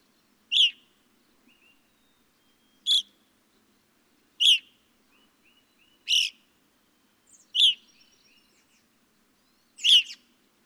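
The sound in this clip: Evening grosbeak: six loud, clear call notes about one and a half to two and a half seconds apart, with soft whistles between.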